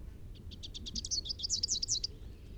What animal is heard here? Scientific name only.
Basileuterus rufifrons